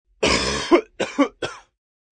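Three wet, harsh chesty cough bursts from an adult, the first the longest, acted as a sick chest cough sound effect.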